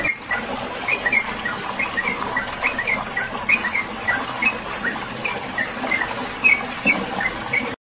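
Bird chirping, short squeaky notes around the same high pitch, given in quick irregular bursts throughout, over a steady broad hiss of background noise.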